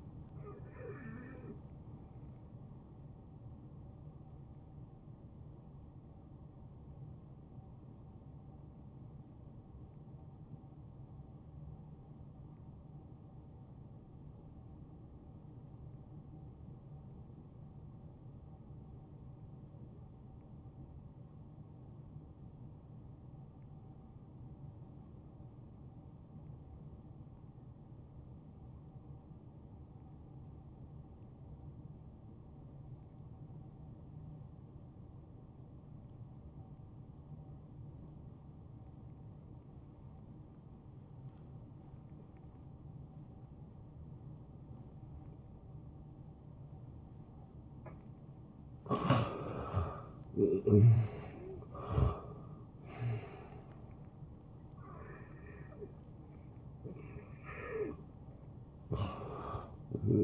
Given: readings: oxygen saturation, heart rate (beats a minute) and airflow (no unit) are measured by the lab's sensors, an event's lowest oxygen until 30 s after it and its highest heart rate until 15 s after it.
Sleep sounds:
breathing in sleep by a smartphone at the bedside; 1
5.00-50.00 s: hypopnea (N2, oxygen 93% highest, then 80% lowest, heart rate 74 at the start, 79 highest)
From the record:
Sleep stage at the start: N2 (light sleep); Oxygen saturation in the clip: 84 to 93%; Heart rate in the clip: 56 to 77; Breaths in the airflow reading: 11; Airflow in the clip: -11.4 to 6.4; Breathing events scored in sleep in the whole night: 263 in 5.5 hours asleep

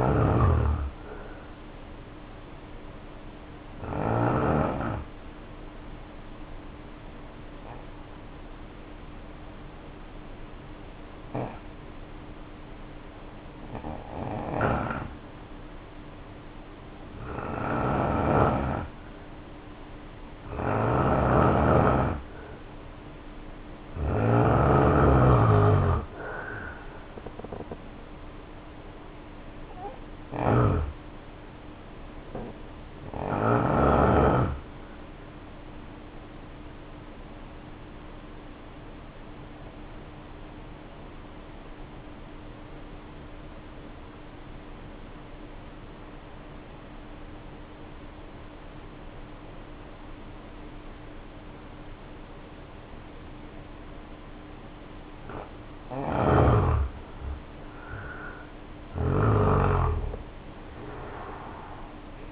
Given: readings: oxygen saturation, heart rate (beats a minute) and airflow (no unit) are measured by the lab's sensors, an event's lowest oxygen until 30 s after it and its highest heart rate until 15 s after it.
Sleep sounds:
breathing in sleep by a voice recorder at the bedside; 2
4.00-21.80 s: hypopnea (N2, oxygen 93% highest, then 84% lowest, heart rate 57 at the start, 69 highest)
46.00-57.10 s: obstructive apnea (N2, oxygen 93% highest, then 76% lowest, heart rate 55 at the start, 72 highest)
From the record:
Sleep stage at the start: N2 (light sleep); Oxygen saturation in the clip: 84 to 93%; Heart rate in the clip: 54 to 71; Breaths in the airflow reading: 12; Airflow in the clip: -5.4 to 6.3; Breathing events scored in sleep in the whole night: 520 in 7.2 hours asleep

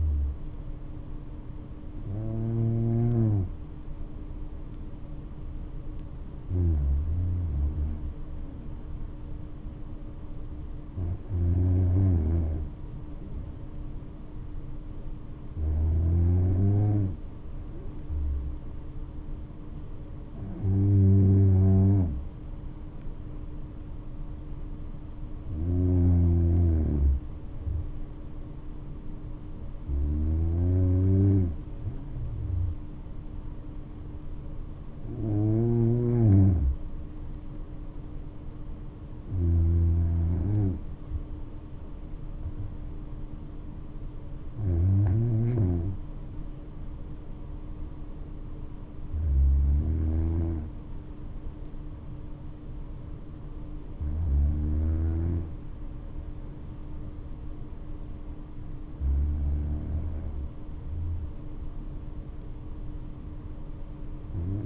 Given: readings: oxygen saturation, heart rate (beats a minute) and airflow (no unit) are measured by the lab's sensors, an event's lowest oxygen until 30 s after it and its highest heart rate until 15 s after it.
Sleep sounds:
breathing in sleep by a smartphone at the bedside; none
none scored
From the record:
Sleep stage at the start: N2 (light sleep); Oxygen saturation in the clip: 94 to 96%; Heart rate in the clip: 60 to 74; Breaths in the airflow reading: 13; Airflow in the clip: -5.9 to 7.9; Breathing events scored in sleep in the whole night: 228 in 5.4 hours asleep

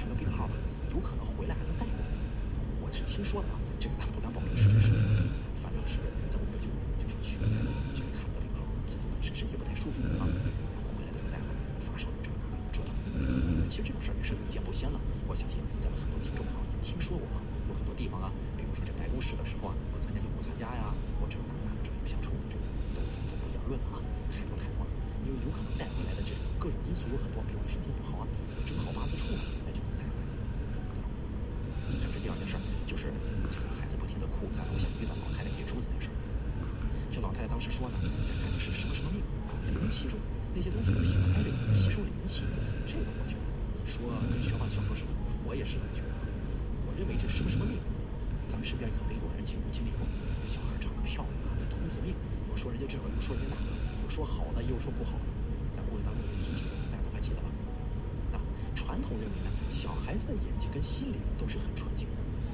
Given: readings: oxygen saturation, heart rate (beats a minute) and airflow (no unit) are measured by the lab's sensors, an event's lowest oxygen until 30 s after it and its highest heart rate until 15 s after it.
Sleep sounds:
breathing in sleep by a smartphone at the bedside; none
none scored
From the record:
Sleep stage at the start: N2 (light sleep); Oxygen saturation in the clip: 92 to 94%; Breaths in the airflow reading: 21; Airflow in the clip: -2.1 to 3.3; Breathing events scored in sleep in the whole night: 335 in 6.7 hours asleep

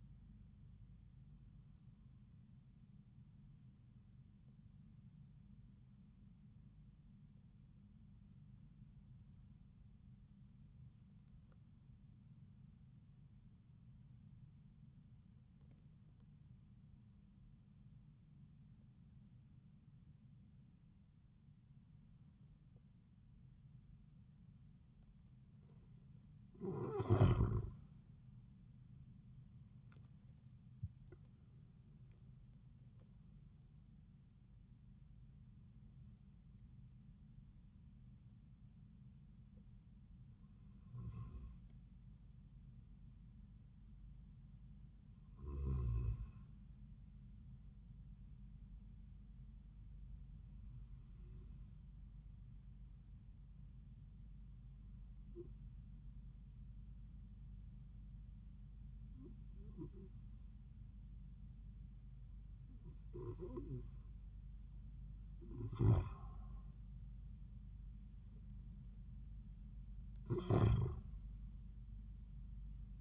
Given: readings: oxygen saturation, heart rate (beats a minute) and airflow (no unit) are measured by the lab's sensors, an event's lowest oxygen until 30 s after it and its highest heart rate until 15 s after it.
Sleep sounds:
breathing in sleep by a smartphone at the bedside; 2
5.00-27.50 s: hypopnea (N1, oxygen 96% highest, then 88% lowest)
51.00-68.00 s: hypopnea (N1, oxygen 95% highest, then 91% lowest)
From the record:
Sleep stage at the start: N1 (lightest sleep); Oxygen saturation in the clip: 88 to 96%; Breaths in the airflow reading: 13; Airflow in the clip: -8.3 to 10.7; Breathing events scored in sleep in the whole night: 270 in 6.1 hours asleep

